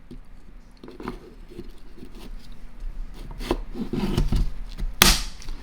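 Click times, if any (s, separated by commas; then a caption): 5.0 s. The retainer clip's tabs are pushed in through the rectangular slots of an Ingersoll-Rand 2235TiMax pneumatic impact wrench housing during reassembly, with soft handling and scraping sounds leading up to the fit. A sharp, loud snap at 5.0 s marks the clip seating into place, leaving the tab ears sticking out through the slots.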